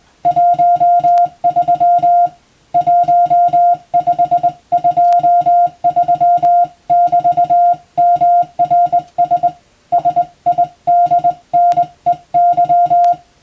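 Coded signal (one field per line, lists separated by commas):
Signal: Morse code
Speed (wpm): 21 wpm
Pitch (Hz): 700 Hz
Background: music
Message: 13 1523<BT>MRS SIDNEY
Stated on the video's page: Morse sent by hand on a telegraph key as receiving practice for the radiotelegraph operator exam, from a telegram practice book.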